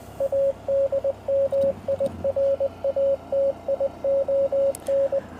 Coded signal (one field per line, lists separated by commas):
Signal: Morse code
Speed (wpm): 20 wpm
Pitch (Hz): 550 Hz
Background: radio noise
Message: ADMIRATION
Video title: Honda Monkey in search of Morse Code Mountainside Pt3